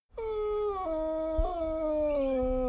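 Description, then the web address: Dogo Argentino whining: one long, clear, tonal whine that steps down in pitch in stages, with a brief catch midway and a low falling end. "soundpool geraeusche natur-tiere hunde"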